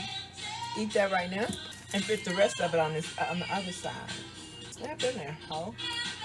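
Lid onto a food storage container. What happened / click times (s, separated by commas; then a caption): The lid is being handled but has not snapped shut yet / none. Someone talks over background music while fitting the rest of a bunch of grapes into a parchment-lined food storage container and handling its lid. The lid has not snapped shut yet, and nothing has seated or clicked in this clip.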